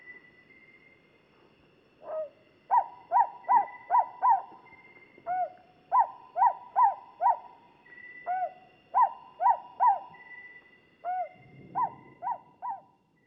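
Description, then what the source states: Luzon Hawk-Owl giving repeated series of short, sharply hooked notes, each series introduced by a longer whistled note, continuing steadily for several bursts. From the Philippines.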